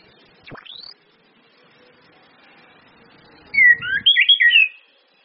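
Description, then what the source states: Orange-headed thrush, a single rising sweep early on, then a fast tumbling run of warbled whistles after a quiet gap, with faint low knocks beneath. Indonesian bird-training lure recording (pancingan, masteran) of ngeplong-style song plus female whistles (suitan betina), meant to make birds sing actively (gacor).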